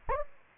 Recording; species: mosquito wingbeat signal from an infrared sensor; Anopheles gambiae